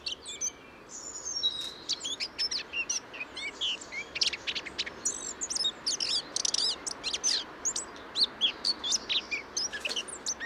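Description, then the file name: Eurasian blackcap chattering warble, opening with a couple of thin whistles, then an extended busy sequence of sharp high notes and short trills. "Sylvia atricapilla"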